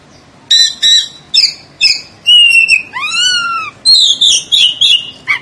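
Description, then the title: Oriental magpie-robin song: loud sweet whistled phrases and several sweeping upward-curving notes, delivered in quick succession. "Kacer"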